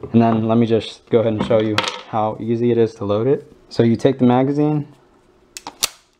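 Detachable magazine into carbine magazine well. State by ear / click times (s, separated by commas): seated / 5.8 s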